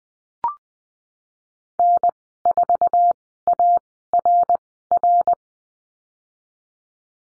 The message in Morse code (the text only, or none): N4ARR